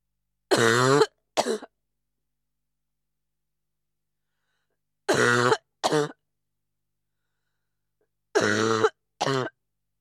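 Three separate bouts of coughing by an adult woman, each a strong voiced, throaty burst followed by a shorter second one, with silent pauses of about three seconds between bouts. The cough has a harsh, throat-clearing quality.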